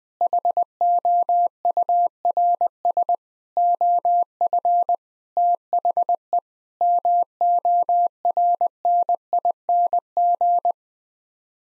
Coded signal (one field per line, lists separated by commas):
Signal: Morse code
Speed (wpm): 20 wpm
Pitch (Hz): 700 Hz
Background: none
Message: HOURS OF THE MORNING